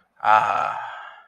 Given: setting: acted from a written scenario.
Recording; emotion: vocal sound without words; contentment